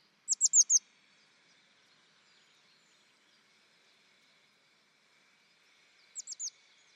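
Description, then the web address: Bird calls: a crisp four-note run of high, falling chirps, then a softer three-note run six seconds later, over a steady faint hum. "cianscape birddata Deverinetal 2025 Bird Only"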